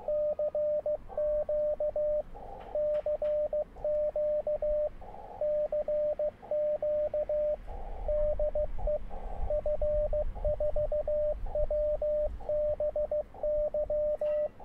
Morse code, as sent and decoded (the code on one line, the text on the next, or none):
-.-. --.- / -.-. --.- / -.-. --.- / -.. . / ..-. ....- .-- -... -.--
CQ CQ CQ DE F4WBY